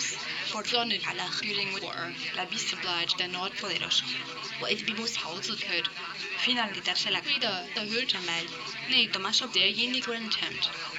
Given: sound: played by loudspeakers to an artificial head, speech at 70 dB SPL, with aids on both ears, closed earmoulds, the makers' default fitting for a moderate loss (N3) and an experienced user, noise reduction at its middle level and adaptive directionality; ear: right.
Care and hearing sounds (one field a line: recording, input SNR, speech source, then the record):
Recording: speech test signal (ISTS) in cocktail-party noise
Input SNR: +3 dB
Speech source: on the right (90 degrees)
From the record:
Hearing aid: class 1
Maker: A